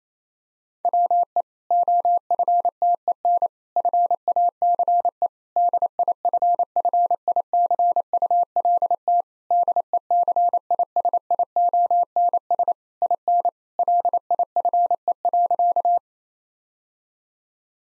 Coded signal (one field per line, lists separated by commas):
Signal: Morse code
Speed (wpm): 28 wpm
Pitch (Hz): 700 Hz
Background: none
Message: WE OFTEN FACE DIFFICULT DECISIONS IN LIFE.